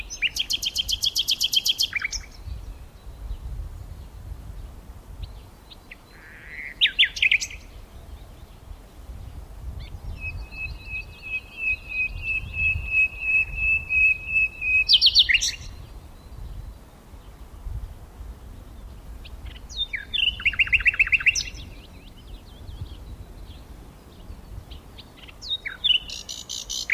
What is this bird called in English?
Common Nightingale